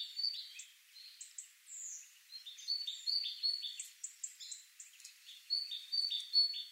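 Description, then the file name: Great tit calls: a busy run of short high chirps and buzzy notes, repeated irregularly and overlapping. "Parus major"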